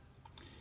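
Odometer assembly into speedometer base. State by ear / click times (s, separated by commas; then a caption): seated / 0.4 s. An analog odometer drum assembly from a 1997 Ford Escort electronic speedometer is pressed hard with a nut runner on its metal rod into the plastic speedometer base. A faint tick comes at 0.3 s, then a sharper, brighter snap at 0.4 s as the odometer seats in the base, with no talk over the sound.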